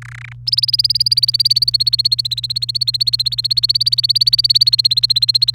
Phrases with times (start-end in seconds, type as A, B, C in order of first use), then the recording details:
0.02-0.33 A, 0.47-5.54 B. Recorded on 29 April 2018 at 06:07. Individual llb3